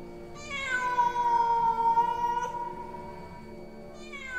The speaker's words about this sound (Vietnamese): có tiếng ngoao ngoao cất lên. Một con mèo toàn thân đen óng đủng đỉnh từ trong phòng đi ra, nhảy tót lên ban công.